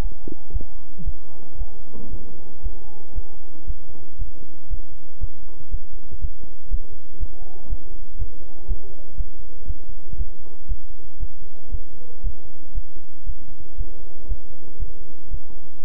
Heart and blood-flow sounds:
heart sounds by stethoscope; between the tricuspid and mitral areas; 118 bpm
0.00 s: heartbeat
0.52 s: heartbeat
1.04 s: heartbeat
1.56 s: heartbeat
2.09 s: heartbeat
2.61 s: heartbeat
3.13 s: heartbeat
3.66 s: heartbeat
4.17 s: heartbeat
4.68 s: heartbeat
5.19 s: heartbeat
5.69 s: heartbeat
6.20 s: heartbeat
6.69 s: heartbeat
7.18 s: heartbeat
7.68 s: heartbeat
8.17 s: heartbeat
8.66 s: heartbeat
9.16 s: heartbeat
9.66 s: heartbeat
10.16 s: heartbeat
10.67 s: heartbeat
11.18 s: heartbeat
11.70 s: heartbeat
12.22 s: heartbeat
12.73 s: heartbeat
13.25 s: heartbeat
13.76 s: heartbeat
14.27 s: heartbeat
14.78 s: heartbeat
15.29 s: heartbeat
15.81 s: heartbeat
From the record:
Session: bicycle stress test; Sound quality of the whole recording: good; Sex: male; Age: 26 years

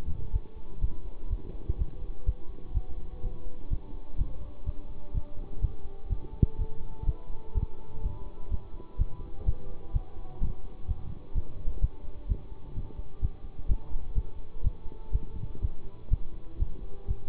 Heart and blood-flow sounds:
heart sounds by stethoscope; between the tricuspid and mitral areas; 125 bpm
0.31 s: heartbeat
0.79 s: heartbeat
1.28 s: heartbeat
1.76 s: heartbeat
2.24 s: heartbeat
2.72 s: heartbeat
3.21 s: heartbeat
3.68 s: heartbeat
4.16 s: heartbeat
4.64 s: heartbeat
5.12 s: heartbeat
5.60 s: heartbeat
6.08 s: heartbeat
6.56 s: heartbeat
7.04 s: heartbeat
7.53 s: heartbeat
8.01 s: heartbeat
8.49 s: heartbeat
8.96 s: heartbeat
9.44 s: heartbeat
9.91 s: heartbeat
10.39 s: heartbeat
10.86 s: heartbeat
11.33 s: heartbeat
11.80 s: heartbeat
12.27 s: heartbeat
12.74 s: heartbeat
13.20 s: heartbeat
13.66 s: heartbeat
14.13 s: heartbeat
14.61 s: heartbeat
15.10 s: heartbeat
15.60 s: heartbeat
16.08 s: heartbeat
16.57 s: heartbeat
17.06 s: heartbeat
From the record:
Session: bicycle stress test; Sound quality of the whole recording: good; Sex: male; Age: 24 years

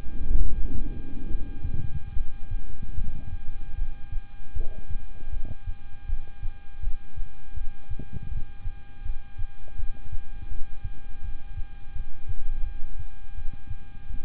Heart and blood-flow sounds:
heart sounds by stethoscope; between the tricuspid and mitral areas; 79 bpm
0.37 s: heartbeat
1.28 s: heartbeat
2.13 s: heartbeat
2.94 s: heartbeat
3.75 s: heartbeat
4.53 s: heartbeat
5.30 s: heartbeat
6.06 s: heartbeat
6.80 s: heartbeat
7.54 s: heartbeat
8.29 s: heartbeat
9.03 s: heartbeat
9.76 s: heartbeat
10.48 s: heartbeat
11.21 s: heartbeat
11.93 s: heartbeat
12.63 s: heartbeat
13.35 s: heartbeat
14.07 s: heartbeat
From the record:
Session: rest, lying down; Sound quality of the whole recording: good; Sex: male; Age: 26 years

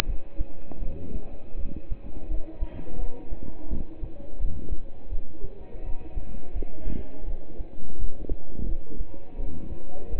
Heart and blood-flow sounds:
heart sounds by stethoscope; between the tricuspid and mitral areas; 84 bpm
0.08 s: heartbeat
0.82 s: heartbeat
1.59 s: heartbeat
2.30 s: heartbeat
3.00 s: heartbeat
3.71 s: heartbeat
4.41 s: heartbeat
5.12 s: heartbeat
5.85 s: heartbeat
6.55 s: heartbeat
7.28 s: heartbeat
8.00 s: heartbeat
8.69 s: heartbeat
9.40 s: heartbeat
10.11 s: heartbeat
From the record:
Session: pedaling a stationary bicycle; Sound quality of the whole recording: partially saturated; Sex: male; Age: 27 years

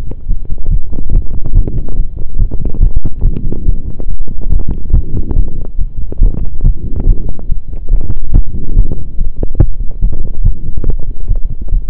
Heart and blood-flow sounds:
heart sounds by stethoscope; between the tricuspid and mitral areas; 142 bpm
0.29 s: heartbeat
0.71 s: heartbeat
1.13 s: heartbeat
1.55 s: heartbeat
1.97 s: heartbeat
2.39 s: heartbeat
2.81 s: heartbeat
3.24 s: heartbeat
3.66 s: heartbeat
4.08 s: heartbeat
4.51 s: heartbeat
4.94 s: heartbeat
5.36 s: heartbeat
5.79 s: heartbeat
6.21 s: heartbeat
6.64 s: heartbeat
7.07 s: heartbeat
7.49 s: heartbeat
7.92 s: heartbeat
8.34 s: heartbeat
8.77 s: heartbeat
9.19 s: heartbeat
9.61 s: heartbeat
10.02 s: heartbeat
10.45 s: heartbeat
10.87 s: heartbeat
11.29 s: heartbeat
11.72 s: heartbeat
From the record:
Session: pedaling a stationary bicycle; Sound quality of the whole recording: saturated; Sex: male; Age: 23 years

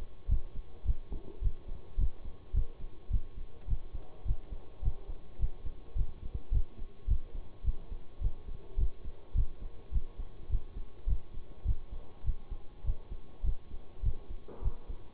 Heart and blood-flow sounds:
heart sounds by stethoscope; between the tricuspid and mitral areas; 105 bpm
0.28 s: heartbeat
0.85 s: heartbeat
1.41 s: heartbeat
1.97 s: heartbeat
2.53 s: heartbeat
3.10 s: heartbeat
3.67 s: heartbeat
4.25 s: heartbeat
4.82 s: heartbeat
5.38 s: heartbeat
5.95 s: heartbeat
6.51 s: heartbeat
7.07 s: heartbeat
7.64 s: heartbeat
8.20 s: heartbeat
8.77 s: heartbeat
9.34 s: heartbeat
9.92 s: heartbeat
10.49 s: heartbeat
11.06 s: heartbeat
11.65 s: heartbeat
12.24 s: heartbeat
12.84 s: heartbeat
13.43 s: heartbeat
14.02 s: heartbeat
14.61 s: heartbeat
From the record:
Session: bicycle stress test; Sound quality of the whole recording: good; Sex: male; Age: 26 years

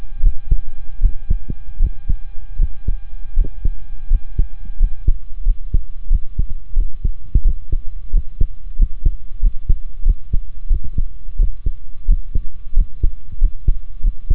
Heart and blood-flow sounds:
heart sounds by stethoscope; between the tricuspid and mitral areas; 87 bpm
0.22 s: heartbeat
1.00 s: heartbeat
1.79 s: heartbeat
2.58 s: heartbeat
3.36 s: heartbeat
4.10 s: heartbeat
4.79 s: heartbeat
5.45 s: heartbeat
6.10 s: heartbeat
6.76 s: heartbeat
7.44 s: heartbeat
8.13 s: heartbeat
8.78 s: heartbeat
9.42 s: heartbeat
10.05 s: heartbeat
10.70 s: heartbeat
11.38 s: heartbeat
12.08 s: heartbeat
12.76 s: heartbeat
13.40 s: heartbeat
14.03 s: heartbeat
From the record:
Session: rest, sitting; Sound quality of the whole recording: good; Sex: male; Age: 28 years

